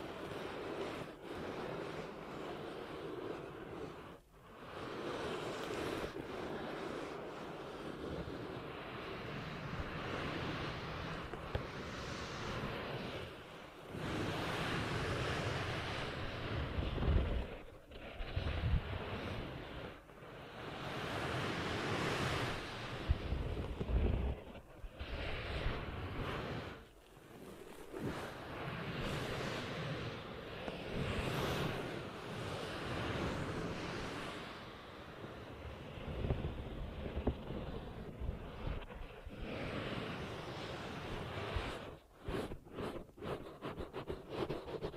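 Ear cupping triggers make a dense, muffled rushing that swells and cuts off, with brief hollow gaps near 4, 14, 23 and 26 seconds.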